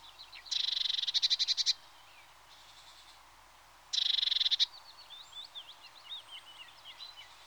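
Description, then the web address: Eurasian blue tit giving two dry, rattling churrs a few seconds apart, each a dense buzz breaking into quick pulses, with soft twittering birds after. "The BBC Sound Effects Library. Blue TIT (Parus Caeruleus)"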